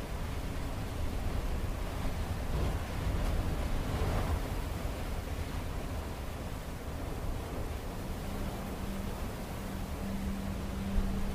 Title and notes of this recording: Waiting out the Storm. A storm has caught up to them in the night. Now the party weathers the storm, curled up by the artificers artificial heat makers and watching the tent flaps blow about in the strong winds.